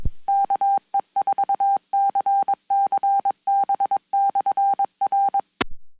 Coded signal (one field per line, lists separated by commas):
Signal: Morse code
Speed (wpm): 22 wpm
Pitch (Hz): 790 Hz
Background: none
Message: KE4CCB/R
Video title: WAKE UP to Ham Radio on Sunday Morning Coffee Net!